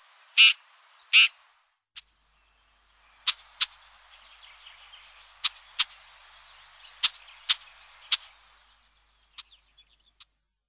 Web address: Pie-grieche ecorcheur